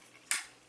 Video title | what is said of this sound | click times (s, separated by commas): Perfect Effect PC-01 and 03 Combiner Upgrade Set for Superion | and you want to push this in until you hear it click | 0.3 s